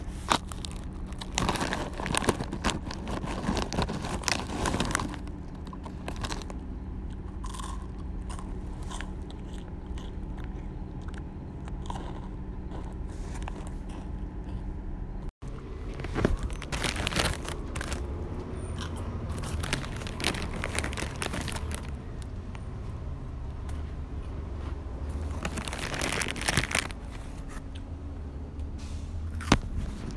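Snickers and chips being eaten, with frequent crunchy bites and chewing that crackle across the whole half minute. The bites come irregularly, with a brief silent cut near the middle, over a steady low hum in the background.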